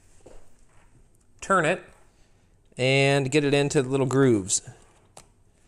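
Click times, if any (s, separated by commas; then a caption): 5.2 s. A plastic CPU cooler mounting bracket is lined up, turned and pressed into its grooves on the backplate assembly while someone talks. It snaps into place with a sharp click at 5.2 s, seating the bracket.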